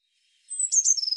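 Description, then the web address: Eurasian blue tit uttering a thin, high drawn note and two sharp notes, then the start of a quick pulsing trill cut off at the end. "cianscape birddata Deverinetal 2025 File cleaned normalized Bird Cy Ca"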